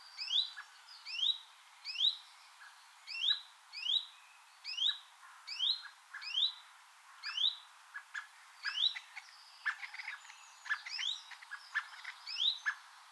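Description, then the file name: Common blackbird repeating thin rising notes about once a second, joined later by scattered clicks and other brief bird notes. "Turdus merula"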